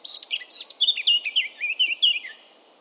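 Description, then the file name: Eurasian blackcap song: a rapid, rich warble of varied chirping notes sliding downward in pitch, lasting about two and a half seconds, then silence. "baratposzata hangja"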